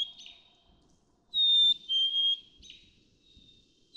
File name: Black-capped Chickadee